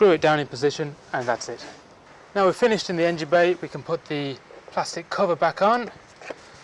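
A plastic engine cover is being handled before going back onto the engine mounting studs while someone talks. Only speech is heard, with no sharp hits. Nothing has seated or clicked yet.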